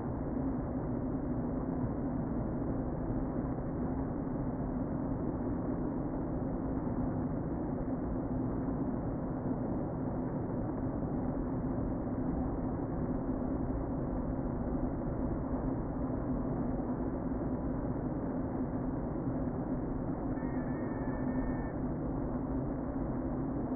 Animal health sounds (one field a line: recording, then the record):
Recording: honeybee colony, microphone inside the hive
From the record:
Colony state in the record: queen present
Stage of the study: before two queens were removed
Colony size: about 60,000 bees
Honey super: yes